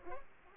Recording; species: mosquito wingbeat signal from an infrared sensor; Culex pipiens